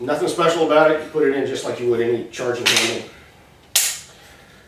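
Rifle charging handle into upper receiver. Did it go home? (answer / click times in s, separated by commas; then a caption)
yes / 3.8 s. An aftermarket charging handle is inserted into a rifle upper receiver the same way as any standard charging handle while someone talks. After a quiet pause, a single loud, sharp snap at 3.8 s marks the handle seating into place.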